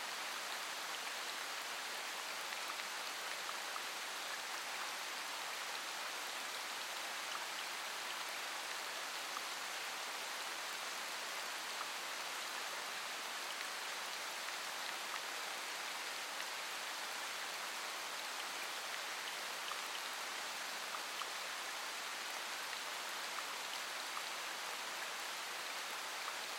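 Rain falls in a steady, dense hiss that holds the same level from start to finish. The sound is bright and airy, with little low rumble and no distinct drops or pauses standing out, like even rainfall on a hard surface.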